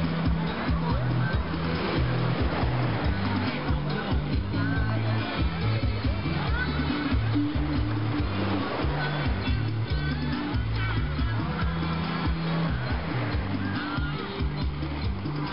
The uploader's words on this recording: Cambodia - surf and beach bar music. Music playing (male singing) in seaside bar intertwines with ocean surf in (Krong Prea) Sihanoukville, Cambodia.